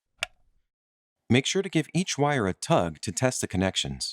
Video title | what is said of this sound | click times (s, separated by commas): Powerwall 2 - Wiring | Plug the AC harness into the AC port inside the wiring compartment. Listen for an audible click. | 0.2 s